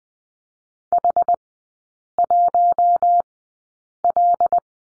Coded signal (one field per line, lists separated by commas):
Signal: Morse code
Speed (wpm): 20 wpm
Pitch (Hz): 700 Hz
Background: none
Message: H1L